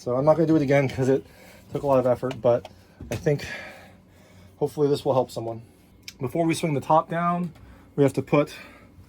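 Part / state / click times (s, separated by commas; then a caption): plastic steam cover into the dryer cabinet / not seated / none. Someone talks while working on a Kenmore Elite 796.692720000 / DLEX5101W dryer that runs but gives no heat, getting ready to press the plastic steam cover back into the dryer cabinet before swinging the top down. Only speech is heard across the clip, and the steam cover has not snapped into place yet.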